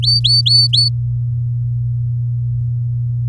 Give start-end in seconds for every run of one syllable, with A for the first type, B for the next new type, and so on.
0.02-0.89 A